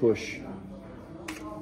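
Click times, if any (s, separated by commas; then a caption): 1.3 s. Someone talks while the magazine release on a rifle is pushed, and at 1.3 s the magazine unlatches from the magazine well with a sharp click and drops free.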